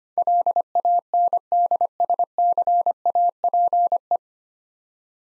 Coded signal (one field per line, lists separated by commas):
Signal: Morse code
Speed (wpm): 25 wpm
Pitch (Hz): 700 Hz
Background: none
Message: LANDSCAPE